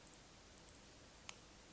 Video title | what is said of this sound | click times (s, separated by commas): מנעול תלייה קוד עם מפתח מאסטר דגם C401 - סרטון הדרכה לגילוי ושינוי הקוד. | there we go the first one's locked in now we go to the second one | 1.3 s